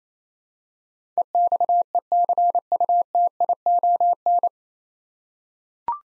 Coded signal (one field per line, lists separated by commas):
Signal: Morse code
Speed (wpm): 28 wpm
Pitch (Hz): 700 Hz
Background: none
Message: EXECUTION